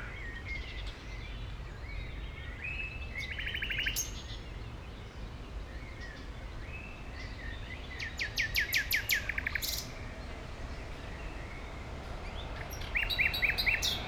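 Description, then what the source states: Common nightingale song in separate bursts: a buzzy trill, then a loud stuttering run of repeated clicks, and another rattling phrase at the end, over low rumble. Recorded at Heidekampgraben along the Mauerweg in Berlin, Germany, former Berlin Wall area; recorded with Sony PCM-D50 and Primo EM172 microphones.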